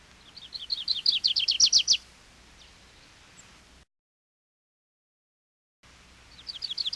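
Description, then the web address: Grace's Warbler giving a quick trill of high chips that starts faint and builds in loudness, followed by silence, then another trill begins at the end. "peterchen. 101 Bird Songs. Grace's Warbler"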